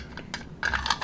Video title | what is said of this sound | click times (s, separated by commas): SIG P365: Everything You Need to Know (Tips & Tricks) | it can just snap the magazine in it locks in place all | 0.3 s